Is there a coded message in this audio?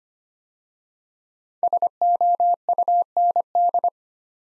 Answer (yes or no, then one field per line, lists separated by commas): yes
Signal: Morse code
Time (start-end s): 1.6-3.9 s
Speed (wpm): 25 wpm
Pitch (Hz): 700 Hz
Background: none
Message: SOUND